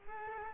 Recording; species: mosquito wingbeat signal from an infrared sensor; Culex quinquefasciatus